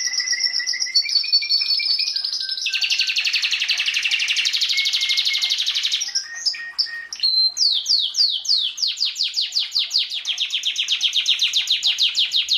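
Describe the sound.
Canary singing a long varied song, with sustained high trills and a warbling rolled tour, then a brief pause and a fast run of repeated downward-sweeping whistled notes.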